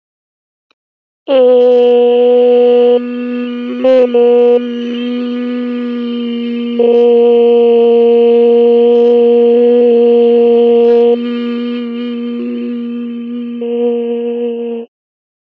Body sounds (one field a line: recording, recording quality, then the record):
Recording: sustained vowel as in made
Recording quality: excellent, no background noise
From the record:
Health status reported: COVID-19 positive, no symptoms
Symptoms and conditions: none ticked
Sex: female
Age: 20 years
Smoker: not ticked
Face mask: not worn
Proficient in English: yes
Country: India